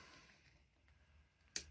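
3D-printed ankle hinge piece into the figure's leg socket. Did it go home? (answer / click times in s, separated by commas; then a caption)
yes / 1.6 s. A 3D-printed plastic ankle hinge piece of an action figure is pushed into the figure's leg socket against a quiet background with faint handling rustle. A single sharp, bright click at 1.6 s marks the joint snapping into place, seated.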